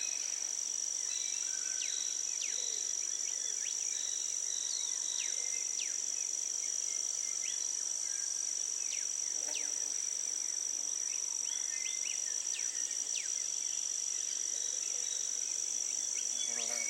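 Daintree Rainforest chorus: a steady, high cicada drone holds unbroken for the whole clip. Over it, many short bird chirps, whistles and quick upward sweeps keep arriving every second or so, some in rapid little bursts. A soft low hiss sits underneath throughout.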